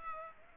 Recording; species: mosquito wingbeat signal from an infrared sensor; Culex pipiens